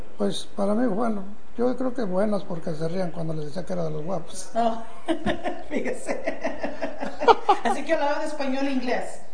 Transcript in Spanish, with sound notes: Pues para mí, bueno. Yo creo que buenas, porque se reían cuando les decía que era de Los Guapos. (risas) Fíjese. ¿Así que hablaban español e inglés?